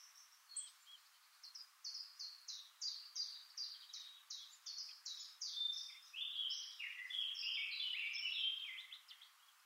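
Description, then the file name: Eurasian blackcap song: a brisk run of rhythmic, repeated high notes that turns into richer, louder fluting warbles toward the end. "Sylvia atricapilla"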